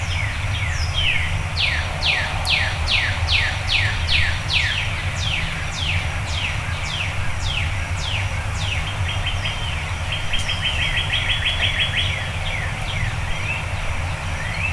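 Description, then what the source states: Bird song: repeated sharp downslurred whistles, then a rapid buzzy trill, over a steady low rumble throughout. Birds singing before dawn.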